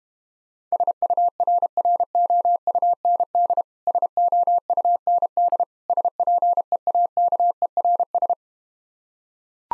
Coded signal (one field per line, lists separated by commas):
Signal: Morse code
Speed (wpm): 31 wpm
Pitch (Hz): 700 Hz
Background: none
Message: SURROUND SOUND SPEAKERS